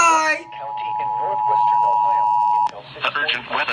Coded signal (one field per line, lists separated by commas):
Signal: Emergency Alert System (SAME) tones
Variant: 853 and 960 Hz attention tone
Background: speech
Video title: some EAS alert not too much ¯\_(ツ)_/¯ | EAS #38 - 52